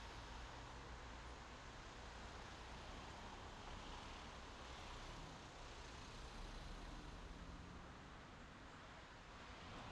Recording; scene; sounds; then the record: everyday scene through a hearing-aid microphone; in traffic; traffic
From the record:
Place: main road on the outskirts, rush hour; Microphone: in the ear canal, left